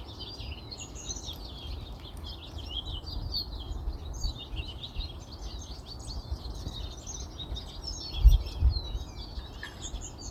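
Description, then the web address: Birds chirp and twitter in rapid, high phrases over a constant low rumble, with brief thumps near the end. "Zhao Yuhao Birdsong"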